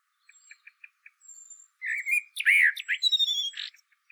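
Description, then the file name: Common blackbird singing. Soft ticking notes lead into a rich fluted phrase, then thin high squeaky notes follow quickly. "Turdus merula"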